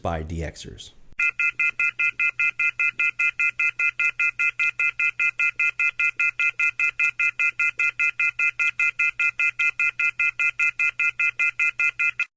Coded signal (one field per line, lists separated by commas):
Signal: telephone call progress tone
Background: speech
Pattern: off-hook warning tone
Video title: DX Central Live! | SPECIAL DX TEST EDITION: 620-WZON - Bangor, ME | Saturday, December 21, 2024